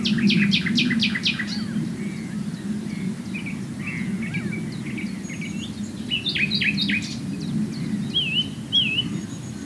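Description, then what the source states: Common nightingale with a fast stuttering note series, then warbled and chirped phrases, closing on two liquid looping whistles; low background rumble throughout. Recorded at Swale.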